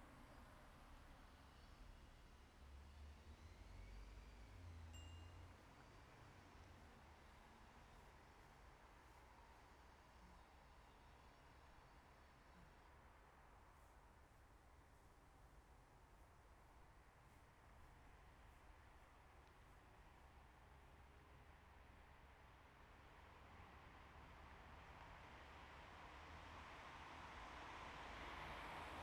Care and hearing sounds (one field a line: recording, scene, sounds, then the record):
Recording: everyday scene through a hearing-aid microphone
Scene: in traffic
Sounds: traffic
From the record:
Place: bus stop on a city main road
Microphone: behind the ear, right, rear